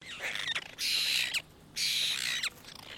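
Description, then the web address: Apostlebird group calling, softer broken chatter followed by two harsh, grating bursts of squawky chatter, each about half a second to a second long, separated by a short pause. "Foundation Updates BIRD APOSTLE BIRD"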